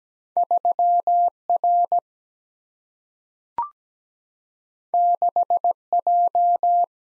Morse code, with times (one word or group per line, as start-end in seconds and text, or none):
0.4-1.3 3
1.5-2.0 R
4.9-5.7 6
5.9-6.8 J